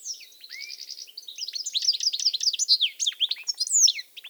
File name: Carduelis carduelis